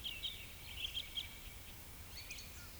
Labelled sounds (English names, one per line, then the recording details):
Eurasian Woodcock whistle
Eurasian Woodcock croak
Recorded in Baden-Württemberg, Germany, on 10 May 2021 at 19:18 UTC
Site 24606, 635 m above sea level